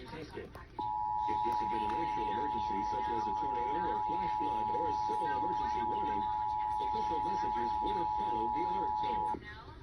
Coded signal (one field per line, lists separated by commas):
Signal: Emergency Alert System (SAME) tones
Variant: 853 and 960 Hz attention tone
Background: speech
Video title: Indiana’s RMT on WSTO (EAS #78)